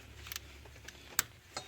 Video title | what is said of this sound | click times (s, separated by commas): How to replace a solenoid valve bank 2 (driver side) for BMW X5 2001 4.4i M62TU_D | you hear the click that's it | 1.2 s